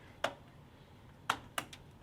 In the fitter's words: all right I heard the click we're good